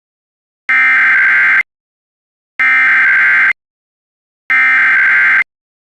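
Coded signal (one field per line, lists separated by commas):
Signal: Emergency Alert System (SAME) tones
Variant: header bursts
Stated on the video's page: Mock recreation of a tornado warning EAS alert, audio made in Audacity.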